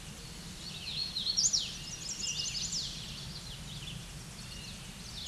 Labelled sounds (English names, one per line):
Hooded Warbler song